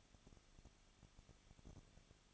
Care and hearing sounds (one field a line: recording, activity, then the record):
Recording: daily activity, microphone in the room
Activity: no activity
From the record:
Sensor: 4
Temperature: 23.0 degrees Celsius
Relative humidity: 34.6%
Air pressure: 1007.2 hPa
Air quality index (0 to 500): 215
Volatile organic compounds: 15 ppm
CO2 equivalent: 2496 ppm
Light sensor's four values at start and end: 2/3/1/1 and 2/3/1/1